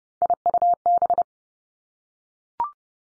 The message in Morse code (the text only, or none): IUB